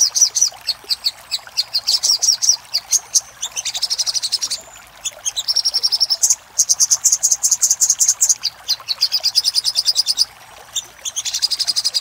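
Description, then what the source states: Little spiderhunter song of long, steady runs of piercing high chips, several seconds each, broken by short gaps and slightly trilled passages. Used for training cage birds.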